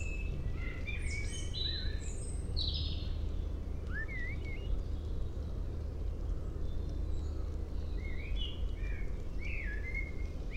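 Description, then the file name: Common blackbird singing: several short warbled phrases mixed with high twittery notes, spread throughout over a steady low rumbling background noise. "Turdus merula"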